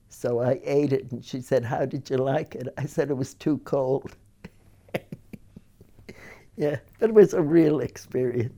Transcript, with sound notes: So I ate it and she said, "How did you like it?" I said, "It was too cold." (she laughs) Yeah, it was a real experience.